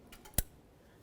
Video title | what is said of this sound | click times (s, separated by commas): How to Replace Knock Sensor 2006-10 Ford Explorer | Press it in, listen for a click. | 0.4 s